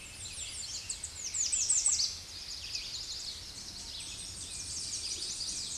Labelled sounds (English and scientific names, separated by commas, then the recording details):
American Redstart (Setophaga ruticilla) song
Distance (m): 10 m
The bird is about 10 m above the microphone
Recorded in a Pennsylvania forest on 16 May 2024 at 07:04
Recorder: AudioMoth, point MSD-0526
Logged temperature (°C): 16.6 °C
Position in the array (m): 103 m, 235 m